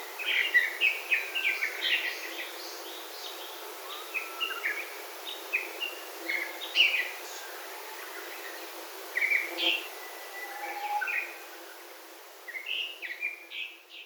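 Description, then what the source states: Grey-backed thrush vocalising, a long run of varied short chirped and whistled phrases at uneven intervals, with a faint lower whistle in the background. Recorded at Nagasaki on 29 April 2020.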